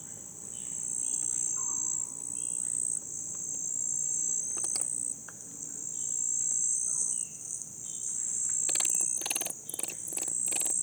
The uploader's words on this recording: Aural encounters in the floodplains by pablo sanz, 2023. Sound piece composed with recordings made during SONIC FUTURE RESIDENCIES organized by Asociația Jumătatea plină and SEMI SILENT at Port Cetate, Dolj county, Romania, in September 2022. An imaginary day, from dawn to sunset. It meanders through aural spaces based on encounters with human and other-than-human lifeforms and their movements, shaped by the presence of the river.